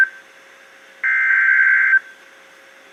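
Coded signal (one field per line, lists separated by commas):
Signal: Emergency Alert System (SAME) tones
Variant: header bursts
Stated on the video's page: Severe thunderstorm warning for Texas counties received on weather radio station KEC56.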